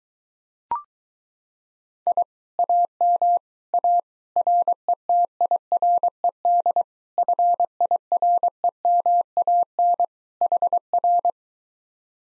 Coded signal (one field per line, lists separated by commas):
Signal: Morse code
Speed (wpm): 23 wpm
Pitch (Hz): 700 Hz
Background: none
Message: I AM A RETIRED FIREMAN HR